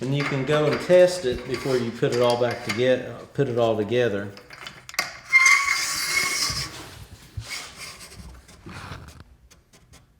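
A rail part of a Sommer 550 Synoris garage door opener is handled during assembly while someone talks for the first four seconds. Short knocks come at about 4.9–5.0 s, followed by brief rustling and a faint tick near 9.2 s. The part has not seated or clicked into position yet.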